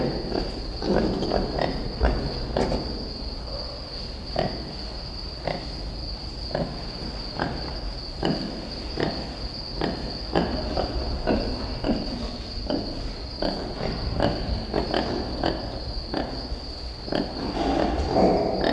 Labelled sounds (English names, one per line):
Brown Lemur call